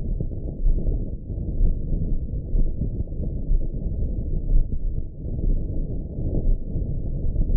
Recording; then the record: heart sounds by optical stethoscope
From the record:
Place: tricuspid valve (TV)